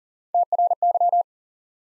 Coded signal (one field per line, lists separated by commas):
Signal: Morse code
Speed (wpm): 38 wpm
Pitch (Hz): 700 Hz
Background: none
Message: TRY